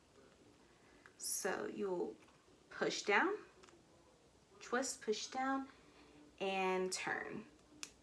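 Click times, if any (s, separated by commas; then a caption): 7.8 s. The small end of an infusion set's tubing is pushed down and twisted onto the top of a plastic insulin reservoir while someone talks. A faint tick comes at 1.1 s and another at 3.7 s. A sharp click at 7.8 s marks the connector seating onto the reservoir.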